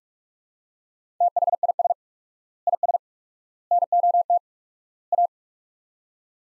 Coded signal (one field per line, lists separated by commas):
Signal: Morse code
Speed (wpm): 43 wpm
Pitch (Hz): 700 Hz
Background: none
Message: THIS IS NOT A